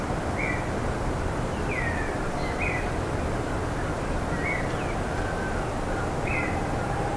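Bird calls: several short chirps and a couple of falling slurred notes spread throughout, set against a steady rushing noise.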